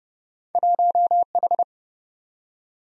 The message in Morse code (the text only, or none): 1H